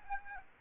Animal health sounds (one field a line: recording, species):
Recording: mosquito wingbeat signal from an infrared sensor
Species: Aedes aegypti